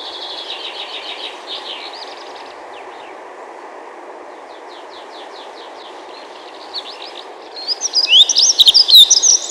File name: завирушка лесная